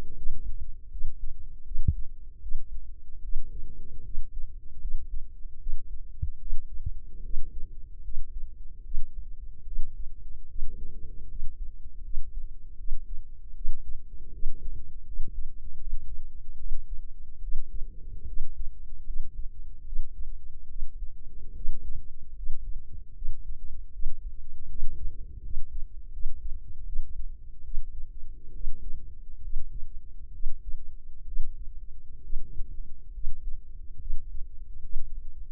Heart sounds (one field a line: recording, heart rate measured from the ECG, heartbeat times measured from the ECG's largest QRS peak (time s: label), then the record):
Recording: heart sounds by microphone in the left ear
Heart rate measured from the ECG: 74 bpm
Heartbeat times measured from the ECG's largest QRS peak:
0.13 s: heartbeat
0.88 s: heartbeat
1.63 s: heartbeat
2.39 s: heartbeat
3.20 s: heartbeat
4.01 s: heartbeat
4.77 s: heartbeat
5.57 s: heartbeat
6.37 s: heartbeat
7.21 s: heartbeat
8.01 s: heartbeat
8.82 s: heartbeat
9.63 s: heartbeat
10.45 s: heartbeat
11.26 s: heartbeat
12.00 s: heartbeat
12.75 s: heartbeat
13.52 s: heartbeat
14.30 s: heartbeat
15.03 s: heartbeat
15.77 s: heartbeat
16.55 s: heartbeat
17.39 s: heartbeat
18.24 s: heartbeat
19.03 s: heartbeat
19.82 s: heartbeat
20.66 s: heartbeat
21.52 s: heartbeat
22.33 s: heartbeat
23.12 s: heartbeat
23.90 s: heartbeat
24.66 s: heartbeat
25.40 s: heartbeat
26.09 s: heartbeat
26.83 s: heartbeat
27.61 s: heartbeat
28.51 s: heartbeat
29.40 s: heartbeat
30.30 s: heartbeat
31.23 s: heartbeat
32.20 s: heartbeat
33.11 s: heartbeat
33.97 s: heartbeat
34.80 s: heartbeat
From the record:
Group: healthy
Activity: rest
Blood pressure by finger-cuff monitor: 106/69 mmHg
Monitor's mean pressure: 79 mmHg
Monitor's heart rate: 74 bpm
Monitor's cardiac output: 5.7 L/min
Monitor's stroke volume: 76 mL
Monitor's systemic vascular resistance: 1000 dyn s/cm5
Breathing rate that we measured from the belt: 17 breaths a minute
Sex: female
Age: 23 years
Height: 160 cm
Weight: 50.4 kg